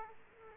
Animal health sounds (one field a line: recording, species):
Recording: mosquito wingbeat signal from an infrared sensor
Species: Culex quinquefasciatus